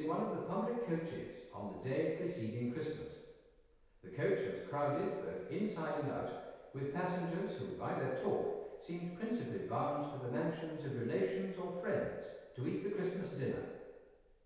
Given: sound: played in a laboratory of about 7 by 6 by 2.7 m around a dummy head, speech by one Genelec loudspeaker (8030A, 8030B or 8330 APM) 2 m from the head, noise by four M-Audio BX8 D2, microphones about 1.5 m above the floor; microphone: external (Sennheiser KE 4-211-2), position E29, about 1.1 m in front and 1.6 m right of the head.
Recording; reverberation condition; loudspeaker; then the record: male speech in English; high; 120 degrees to the left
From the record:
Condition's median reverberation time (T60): about 1300 ms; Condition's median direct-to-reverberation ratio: about -4.0 dB